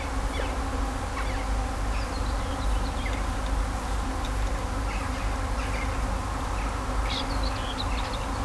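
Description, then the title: Bees buzzing in a steady low drone with a faint hum line, while birds chirp and twitter above and a broad low rumble runs underneath throughout. Bees buzzing among grapevines at Kallstadt, Germany, in rural countryside, with birds singing and road traffic noise also present. "In Kallstadt summen die Bienen"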